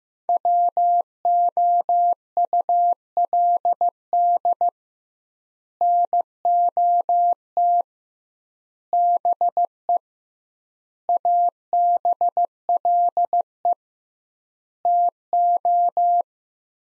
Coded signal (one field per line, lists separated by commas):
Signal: Morse code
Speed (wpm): 15 wpm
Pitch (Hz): 700 Hz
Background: none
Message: WOULD NOT BE ABLE TO